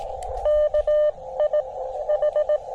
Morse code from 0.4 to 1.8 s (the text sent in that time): KI